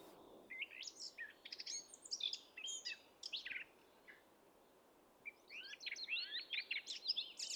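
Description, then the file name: Eurasian blackcap: warbling phrases of sharp clicks and twittering notes over steady background hiss, with a pause midway before another phrase. "Sylvia atricapilla"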